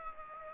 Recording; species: mosquito wingbeat signal from an infrared sensor; Aedes aegypti